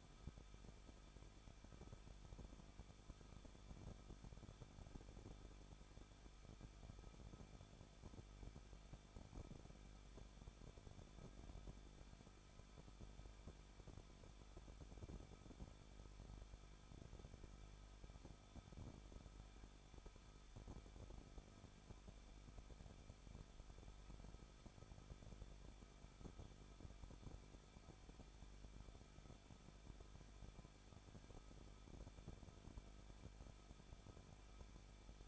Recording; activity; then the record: daily activity, microphone in the room; no activity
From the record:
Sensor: 5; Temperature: 20.8 degrees Celsius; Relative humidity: 38.5%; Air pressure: 1006.5 hPa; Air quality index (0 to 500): 191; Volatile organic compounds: 20 ppm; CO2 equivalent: 2696 ppm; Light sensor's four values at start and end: 2/3/1/1 and 2/3/1/1